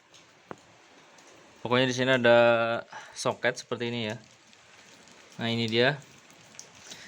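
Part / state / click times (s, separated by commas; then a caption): O2 sensor wiring connector unplugged from the motorcycle harness socket / released / 6.6 s. Someone talks while the plastic locking tab on the O2 sensor wiring connector of a CBR250RR motorcycle, being unplugged from the harness socket while fitting a Proliner TR1R Short exhaust, is pressed. The tab gives a sharp click at 6.6 s and the plug is pulled apart, releasing the connector.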